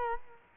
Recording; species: mosquito wingbeat signal from an infrared sensor; Culex quinquefasciatus